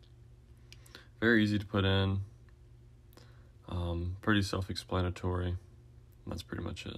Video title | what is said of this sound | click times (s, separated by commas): Toyota Sequoia TRD Pro Grille 1st Gen - Wiring Guide | again once you put them in all the way you'll hear a little click that's how you know that they are locked in | 0.7 s